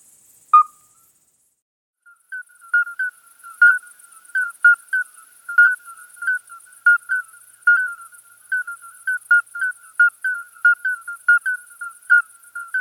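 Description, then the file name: Common midwife toads calling in chorus, many short, clear, bell-like piping notes at a steady pitch, over a continuous high hiss. "Geburtshelferkroete Alytes obstetricans Chor"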